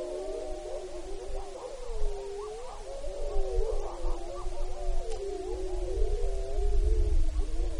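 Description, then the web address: Wolf: wolves howling in chorus, several overlapping wavering tones rising and falling together, with a low rumble of background noise throughout. Recorded in Wrangell-St. Elias, Alaska, on 9 April 2015. "alaska acoustic highlights MAMMALS WRSTBLMT 20150409. Wolves"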